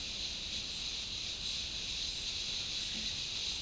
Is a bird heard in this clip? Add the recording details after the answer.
no. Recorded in dense forest near Puerto Asís, Putumayo, Colombia, on 19 February 2024 at 12:30. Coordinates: 0.502, -76.324. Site G6370